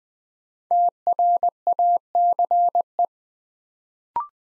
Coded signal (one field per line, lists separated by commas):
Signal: Morse code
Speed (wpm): 20 wpm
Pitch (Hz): 700 Hz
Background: none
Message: TRACE